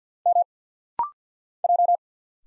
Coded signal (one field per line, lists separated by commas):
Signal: Morse code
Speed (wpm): 50 wpm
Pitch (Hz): 700 Hz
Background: none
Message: M J